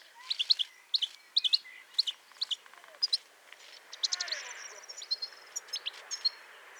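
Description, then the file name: European goldfinch calls: bright, high twittering chirps in quick irregular clusters, with a softer rustle partway through. "Carduelis carduelis"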